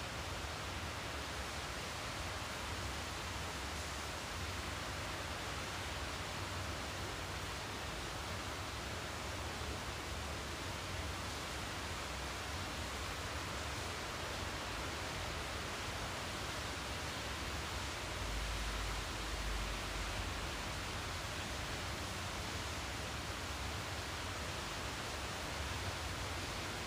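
Rain falls in a steady, dense hiss across the whole clip, with an even low rumble underneath and no distinct drops or pauses.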